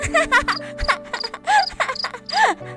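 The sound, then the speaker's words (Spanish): A large, shiny cricket on a breakfast table chirps in a quick series of short, bending, warbly notes over a low steady hum, with a few brief pauses between the bursts. “Inesperadamente, un grillo brincó a la mesa.”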